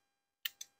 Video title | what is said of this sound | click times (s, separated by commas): C3 Corvette DOOR HANDLES: Remove and Install | out unless you lift it like I just did unhook the clip | 0.5 s